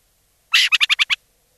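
Burrowing owl giving a harsh chattering call, a longer rasp then five fast, evenly spaced pulses, the whole burst under a second.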